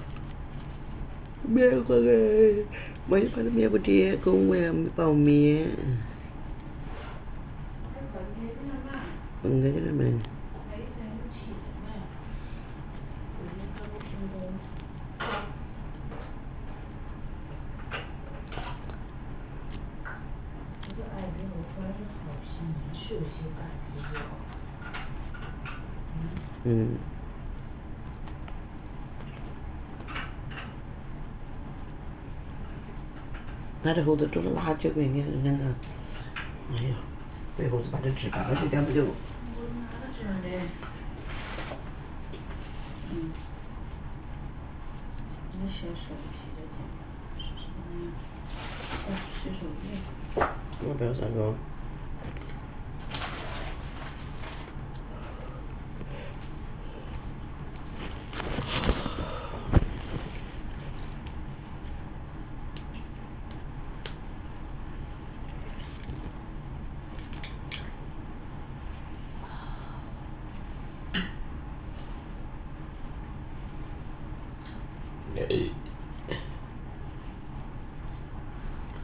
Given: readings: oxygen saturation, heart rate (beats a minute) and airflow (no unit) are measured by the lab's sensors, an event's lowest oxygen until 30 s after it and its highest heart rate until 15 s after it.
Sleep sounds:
a person awake in a sleep study, by a smartphone at the bedside; none
0.00-79.04 s: awake
0.00-79.04 s: awake
From the record:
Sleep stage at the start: awake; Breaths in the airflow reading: 25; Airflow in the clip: -1.0 to 0.8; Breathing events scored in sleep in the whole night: 328 in 6.3 hours asleep

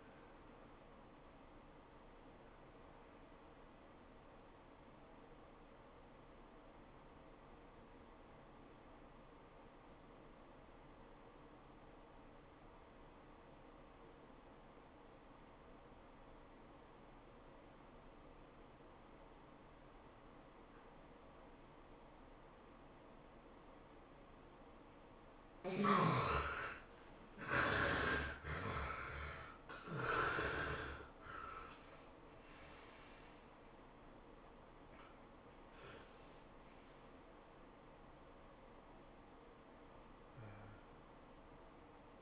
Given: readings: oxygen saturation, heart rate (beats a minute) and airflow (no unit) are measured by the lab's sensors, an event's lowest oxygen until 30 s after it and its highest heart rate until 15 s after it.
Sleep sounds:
breathing in sleep by a voice recorder at the bedside; 1
3.00-27.40 s: obstructive apnea (N1, oxygen 91% highest, then 70% lowest, heart rate 99 at the start, 110 highest)
From the record:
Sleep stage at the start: N1 (lightest sleep); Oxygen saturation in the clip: 71 to 91%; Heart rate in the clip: 78 to 111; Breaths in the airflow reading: 5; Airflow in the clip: -23.5 to 26.0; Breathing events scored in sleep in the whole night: 403 in 5.5 hours asleep

